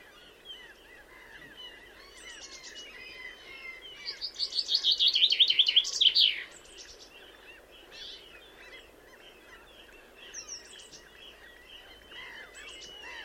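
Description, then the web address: Common chaffinch song, a loud, fast, descending series of bright notes ending in a flourish, among softer chirps from other birds. "Deverinetal"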